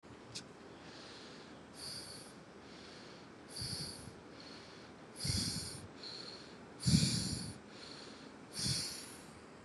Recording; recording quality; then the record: shallow breathing; excellent, no background noise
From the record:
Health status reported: COVID-19 positive, no symptoms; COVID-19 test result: positive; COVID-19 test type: RT-PCR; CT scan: not taken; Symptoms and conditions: none ticked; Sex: female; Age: 25 years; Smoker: no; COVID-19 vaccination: both doses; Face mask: not worn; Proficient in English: yes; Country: India